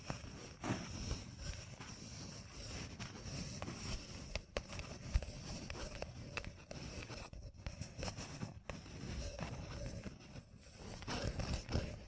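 Fingertips covered in gems tap and scratch, making a dense, busy layer of small clicks and rustling scrapes that barely lets up. Brief taps come in quick, irregular bursts, with a few sharper knocks around four, seven and eight seconds, over a steady low rumble.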